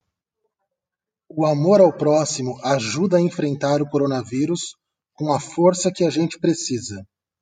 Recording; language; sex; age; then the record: spoken sentence; Brazilian Portuguese; male; 30 to 39 years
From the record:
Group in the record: control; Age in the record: 37 years